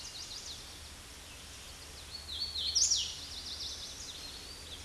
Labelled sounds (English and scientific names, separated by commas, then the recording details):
Hooded Warbler (Setophaga citrina) song
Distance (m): 15 m
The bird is about 5 m above the microphone
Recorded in a Pennsylvania forest on 16 May 2024 at 08:07
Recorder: AudioMoth, point MSD-1295
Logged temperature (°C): 13.7 °C
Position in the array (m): 177 m, 84 m